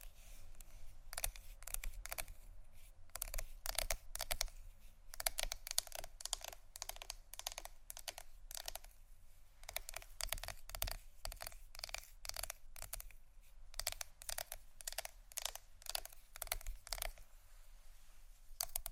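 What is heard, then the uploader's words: Scratchy tapping goes on without pause, with quick crisp clicks arriving in irregular bursts several times a second, much like typing on keys. Each tap is sharp and bright, set over a steady low hum. ASMR Scratchy Tapping For Sleep & Study （No Talking）.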